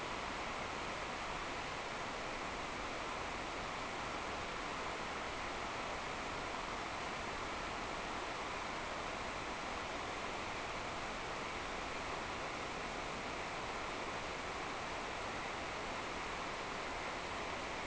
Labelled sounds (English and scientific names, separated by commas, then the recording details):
none
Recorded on Arctic tundra, site NAIT-1, on 26 June 2018
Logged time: 09:00